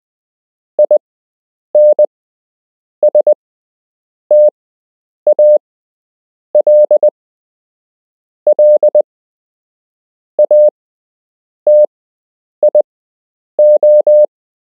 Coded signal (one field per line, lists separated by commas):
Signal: Morse code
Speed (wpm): 20 wpm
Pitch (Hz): 600 Hz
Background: none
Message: INSTALLATIO